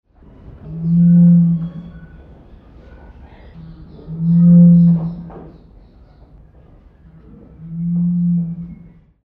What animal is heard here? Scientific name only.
Goura cristata